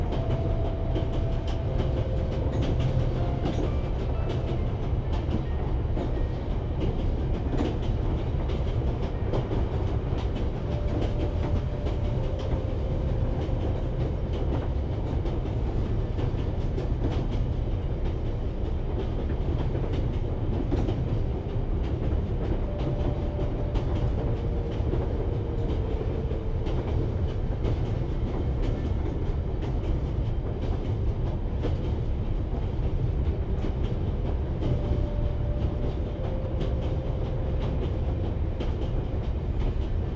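Inside a long-distance train, a steady deep rumble fills the car, with brief tonal squeals recurring every few seconds and faint rhythmic clatter.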